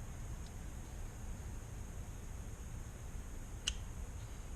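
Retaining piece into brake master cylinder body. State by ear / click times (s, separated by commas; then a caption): seated / 3.7 s. During a Girling brake master cylinder rebuild, a small retaining piece is pushed down through its keyway into the hole in the master cylinder body. Over steady low background noise, a single sharp, short snap is heard at 3.7 seconds as the retainer locks into place, seated.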